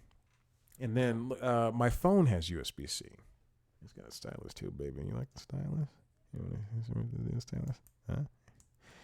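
A stylus is handled at a 2-in-1 laptop's stylus slot, apparently being pushed into its holder in the laptop body, while someone talks. Brief small ticks come near the end, but nothing has seated or clicked yet.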